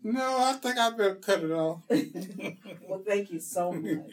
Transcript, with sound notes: No, I think I better cut it off.
[laughter] Well, thank you so much.